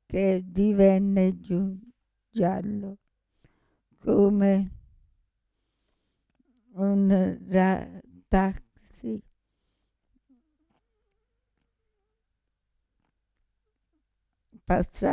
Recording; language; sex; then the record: read passage; Italian; female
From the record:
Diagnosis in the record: Parkinson's disease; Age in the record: 65 years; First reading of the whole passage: 242 s, 2.1 characters per second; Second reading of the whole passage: 180 s, 2.9 characters per second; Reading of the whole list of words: 168 s, 1.7 characters per second